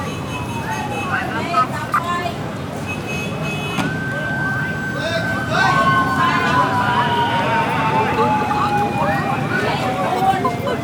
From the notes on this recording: recorded in and around Phnom Penh (Cambodia) during the "presidential" election period; Day & night.